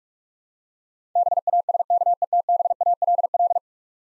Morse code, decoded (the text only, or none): BASKETBALL